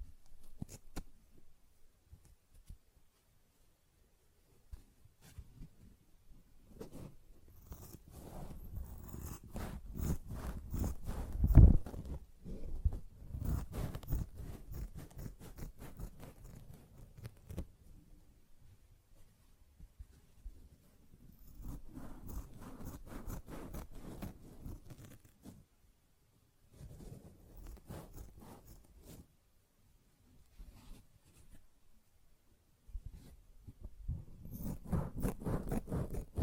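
A sponge is scratched and squished in bursts of dense, gritty rasping, loudest around eleven seconds, separated by short silences and quieter stretches.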